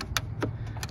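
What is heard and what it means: A plastic clipped piece is popped off the old intake manifold of a GM Ecotec 1.4L engine after its clips are pressed in. A sharp snap at 0.2 s marks it releasing, followed by softer clicks around 0.4 s and 0.8 s over a steady low hum.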